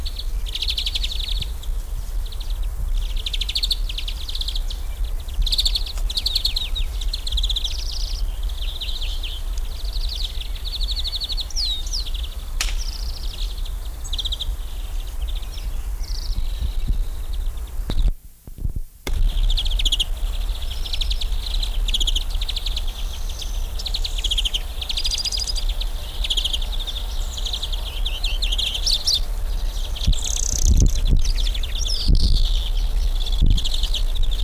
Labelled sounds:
European Greenfinch (Chloris chloris)
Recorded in the wild
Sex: group
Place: Lübars (Fließtal), Berlin, DE
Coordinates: 52.6167, 13.35
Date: 1999-07-17 19:43
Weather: fair, ca. 25°C
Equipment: Sony WM-D6C, Sennheiser ME 80, Kopie Uher 4000 Report Monitor
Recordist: Tembrock, Günter
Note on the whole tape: Lautfolgen von Trupps, auch Gesangsteile

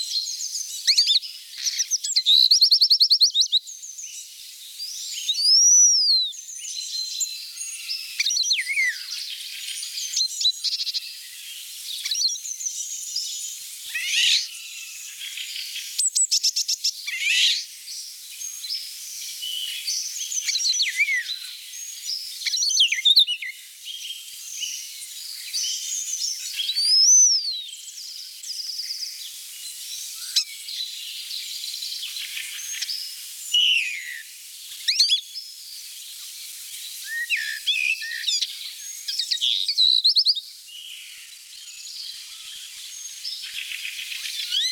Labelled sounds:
European Starling (Sturnus vulgaris) song
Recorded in the wild
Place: Oberrotweil am Kaiserstuhl, Baden-Württemberg, DE
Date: 1988-02-21
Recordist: Schwarz, Dieter

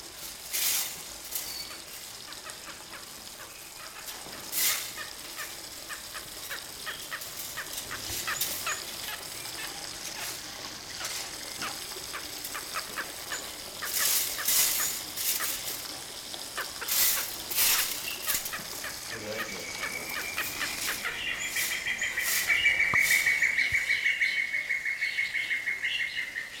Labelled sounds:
Crowned Lapwing (Vanellus coronatus) call
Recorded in captivity
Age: adult
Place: Zoo Berlin, Berlin, DE
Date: 1992-05-09 10:54
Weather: wolkig, 11-14°C
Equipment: Nagra SN, Mikrofon AKG CK 8, Kopie Tesla B 116
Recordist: Tembrock, Günter

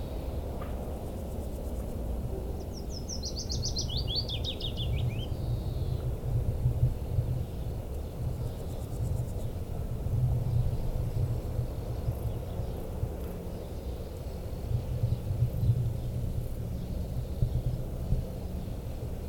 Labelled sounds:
Willow Warbler (Phylloscopus trochilus) song
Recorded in the wild
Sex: male
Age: adult
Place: Tübingen, Baden-Württemberg, DE
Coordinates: 48.5164, 9.04222
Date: 1964-07-20
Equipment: Nagra III PH, Parabolspiegel, LGS26
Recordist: Schneider, Hans-Joachim
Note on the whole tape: Oberhalb des Hauses Biesingerstraße Nr. 8. Aufnahme mit Parabolspiegel: Gesang

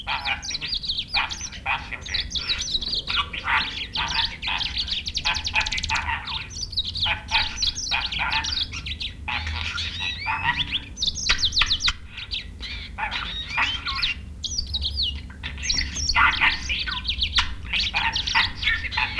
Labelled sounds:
Budgerigar (Melopsittacus undulatus) call
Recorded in captivity
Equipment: Halbspur, 9,5 cm/s
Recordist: Lütgens, Hans

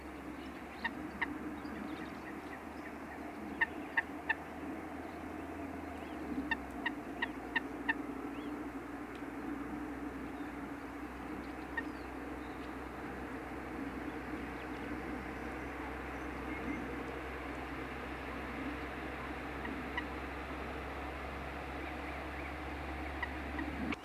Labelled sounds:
Common Moorhen (Gallinula chloropus) call
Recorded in the wild
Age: adult
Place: Auweiher Wört, Baden-Württemberg, DE
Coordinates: 49.0394, 10.2489
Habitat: Weiher
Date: 1972-04-13
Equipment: Uher Report 4200, Scotch-Classic 19cm, AKG D190C in Doppelparabolreflektoren
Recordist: Krey, Winfried

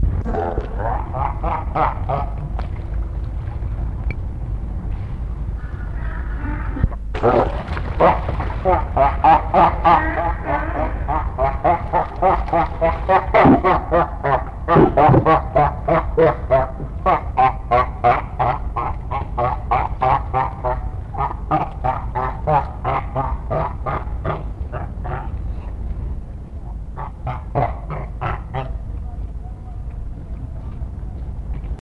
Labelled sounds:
Brown Fur Seal (Arctocephalus pusillus) call
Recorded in captivity
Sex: male
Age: adult
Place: Zoo Berlin, Berlin, DE
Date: 1960-12-17 16:00
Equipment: Minifon, Kopie Smaragd
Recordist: Tembrock, Günter

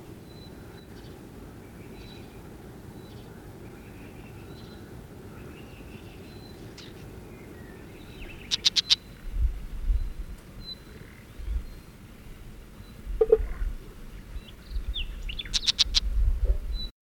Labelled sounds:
Woodchat Shrike (Lanius senator)
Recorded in the wild
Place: Melnik, Blagoewgrad, BG
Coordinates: 41.525, 23.392
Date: 1974-05-26
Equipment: Nagra III BH, Sennheiser MD 21, parabola
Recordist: Schubert, Michael

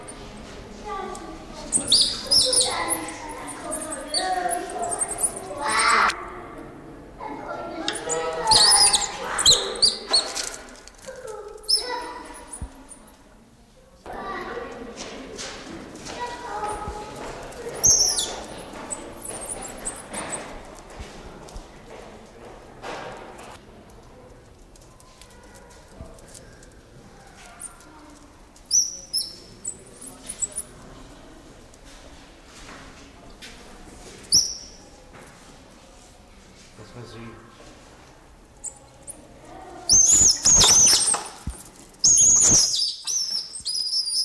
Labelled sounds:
South American Coati (Nasua nasua) aggressive call
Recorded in captivity
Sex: pair
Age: adult
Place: Zoo Halle, Sachsen-Anhalt, DE
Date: 1995-04-09 15:45
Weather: cloudy, ca. 10°C
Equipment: Marantz CP 430, Sennheiser ME 80, Kopie Uher 4000 Report Monitor
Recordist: Tembrock, Günter
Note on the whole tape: Südamerikanischer Nasenbär: Entfernung 50 bis 150 cm

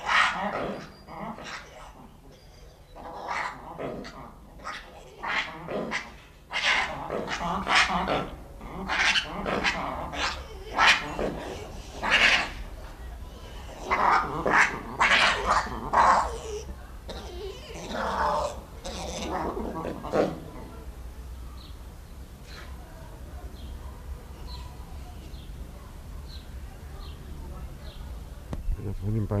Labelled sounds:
Black-and-white Ruffed Lemur (Varecia variegata) call
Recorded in captivity
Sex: pair
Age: adult
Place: Zoo Berlin, Berlin, DE
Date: 1994-04-16 10:49
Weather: heiter, 7-12°C
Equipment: Marantz CP 430, Sennheiser ME 80, Kopie Uher Variocord 263
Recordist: Tembrock, Günter

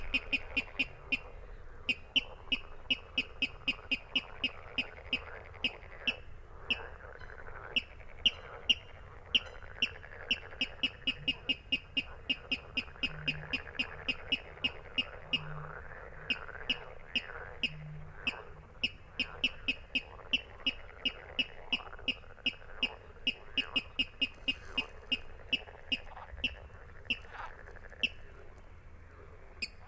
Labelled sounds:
Water Rail (Rallus aquaticus)
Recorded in the wild
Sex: male
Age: adult
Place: Kützerhof, Kummerower See, Mecklenburg-Vorpommern, DE
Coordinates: 53.8494, 12.86
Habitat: wetland
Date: 2008-05-14 23:31
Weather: klare Nacht, zunehmender Halbmond, 10°C, windstill
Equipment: Sound Devices 702, Sennheiser MKH 70, Windkorb
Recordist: Frommolt, Karl-Heinz

